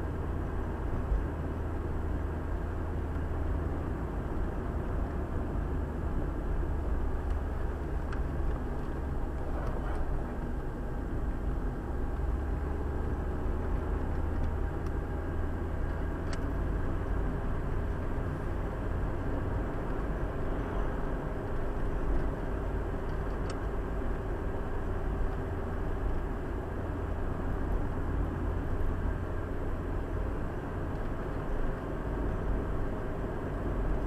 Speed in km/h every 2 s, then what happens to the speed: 44, 46, 44, 46, 42, 42, 44, 44, 49, 51, 51, 51, 50, 50, 52, 54, 54.
0-10 steady at about 44. 10-18 speeds up to 51. 18-34 steady at about 51.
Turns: none.